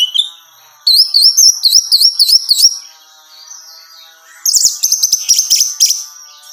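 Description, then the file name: Orange-headed thrush song: a rapid run of high, looping rising-and-falling whistles repeated several times, followed after a pause by a loud burst of scratchy, clipped notes. Female bird. "suara burung anis merah betina"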